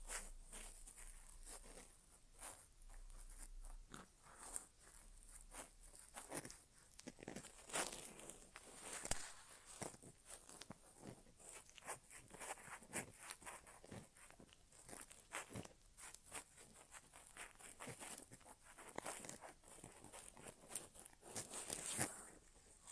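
Inner ear exam sounds with no talking: a dense run of short scratchy, crinkly taps and rustles, bright and crisp, arriving irregularly several times a second for the whole stretch. A few louder brushing bursts stand out near 7, 9 and 22 seconds.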